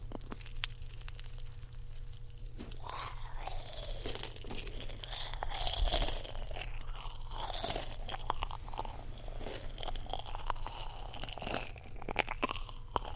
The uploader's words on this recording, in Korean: Eating ASMR : 복숭아 젤리필링 마쉬멜로우 소리.